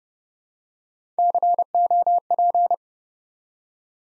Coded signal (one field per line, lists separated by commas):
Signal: Morse code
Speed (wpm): 30 wpm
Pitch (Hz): 700 Hz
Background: none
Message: COP